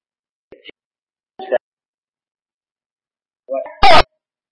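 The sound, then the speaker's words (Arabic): A couple of faint, brief vocal sounds, then a single loud, sharp sneeze bursting out with a harsh, hissing spray of noise before silence. “رحمك الله.”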